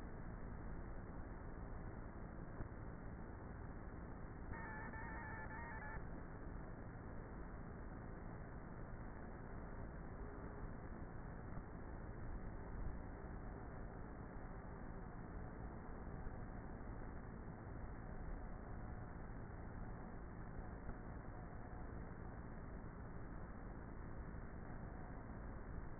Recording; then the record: honeybee colony, microphone inside the hive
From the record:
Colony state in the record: queenless with a low population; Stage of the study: before two queens were removed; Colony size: about 30,000 bees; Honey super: no